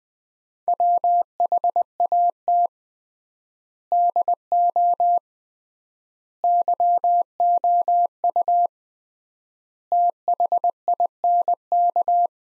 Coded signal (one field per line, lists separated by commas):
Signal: Morse code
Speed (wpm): 20 wpm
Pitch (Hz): 700 Hz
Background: none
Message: WHAT DO YOU THINK